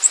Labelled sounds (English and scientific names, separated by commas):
Nashville Warbler (Leiothlypis ruficapilla) flight call